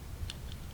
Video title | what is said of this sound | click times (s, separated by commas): 2021 - 2023 Hyundai Santa Fe - How to Upgrade Your Vanity & Cargo Lights To LED | pry up on it until it clicks out. | 0.3 s